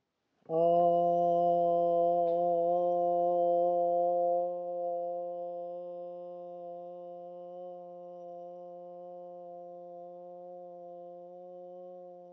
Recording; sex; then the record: sustained vowel /o/; female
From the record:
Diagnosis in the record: healthy control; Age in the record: 61 years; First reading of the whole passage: 59 s, 8.5 characters per second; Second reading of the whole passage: 54 s, 7.6 characters per second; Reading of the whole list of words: 57 s, 4.9 characters per second